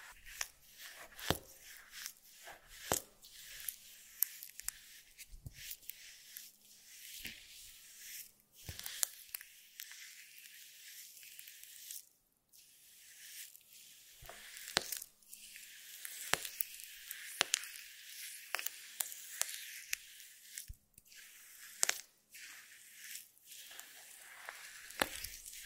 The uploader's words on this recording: ASMR Stress Relieving Jelly Sounds For Sleep.